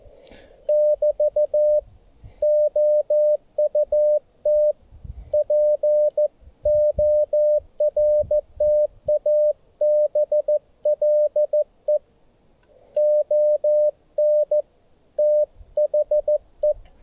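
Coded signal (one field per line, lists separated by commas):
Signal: Morse code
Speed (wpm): 15 wpm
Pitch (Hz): 600 Hz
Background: radio noise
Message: <BT> OUT PORTABLE ON THE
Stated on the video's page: Portable CW on QRS (slow-speed) night with a G90, including a contact keyed with a bug.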